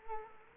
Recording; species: mosquito wingbeat signal from an infrared sensor; Culex quinquefasciatus